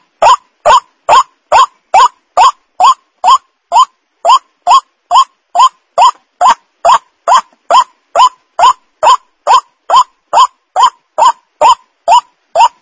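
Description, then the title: White-breasted waterhen, a long, even series of loud, rasping, upslurred croaks, roughly two each second without a break. Lure call for attracting the birds. "Pancingan Suara Ruak Ruak"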